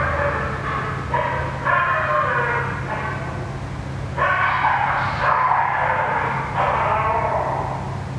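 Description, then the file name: Dog crying with long, wavering whines above a steady low humming background. Dog crying near a ventilation system. "francisco meirino - a dog crying near a ventilation system"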